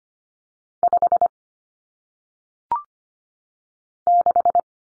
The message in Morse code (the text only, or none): 5 6